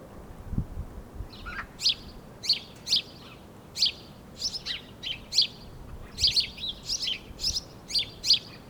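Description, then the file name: House sparrow chirping, a run of many clipped bright notes, with a soft low thump near the start. "Passer domesticus"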